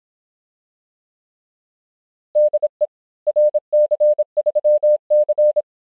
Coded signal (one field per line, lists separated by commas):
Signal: Morse code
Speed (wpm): 26 wpm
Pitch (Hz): 600 Hz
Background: none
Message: DE RC3C